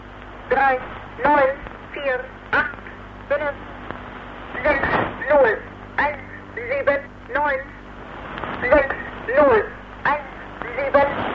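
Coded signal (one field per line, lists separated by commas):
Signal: numbers station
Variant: German language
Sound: a voice reading short single words at a steady even pace over hum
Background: radio static, mains hum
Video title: East German Numbers Station (1977)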